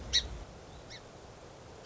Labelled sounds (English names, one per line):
Song Sparrow